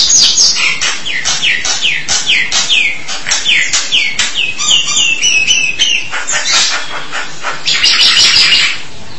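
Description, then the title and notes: Starling song opens with a quick series of falling whistled notes over clicks, then turns to warbled phrases and ends in a burst of harsh, scratchy chatter. "suara burung jalak"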